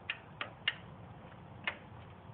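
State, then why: Seated. Spring-loaded metal pins are pushed into their mounts on a CB350 cafe racer motorcycle build until they lock. Short, sharp metallic clicks stand out over a low background hum, with the pins seating and locking into place at 0.1 s and 0.7 s. Two more brief clicks follow at about 0.4 s and 1.7 s.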